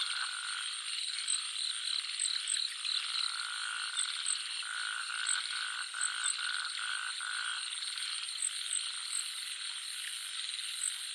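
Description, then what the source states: Frogs calling in a thick chorus of quick rattling croaks, while insects keep up a high, unbroken ringing trill with scattered chirps. Jungle nature soundscape of frogs and crickets.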